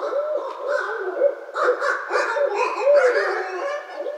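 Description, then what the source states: Barred owl calling, a continuous series of rough, barking, wavering hoots and cackles. Recorded 2012-03-06.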